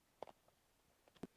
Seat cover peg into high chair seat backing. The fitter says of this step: then you will hear a click